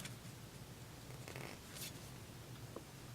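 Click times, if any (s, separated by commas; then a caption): none. An XLR cable plug is handled against the matching XLR jack on a microphone cable, giving a few faint scrapes and light taps over a low steady hum, with a brief cluster around 1.3–1.4 seconds and a small tap near 2.8 seconds. The plug has not clicked in or seated yet.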